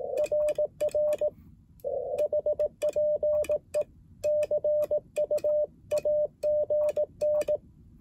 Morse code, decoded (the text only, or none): RR HPE CU AGN